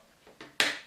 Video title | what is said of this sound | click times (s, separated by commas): Wei Jiang M01Commander (KO Transformers MP Evasion Mode Optimus) -GotBot True Review NUMBER 278 | it will pay in you heard it click | 0.6 s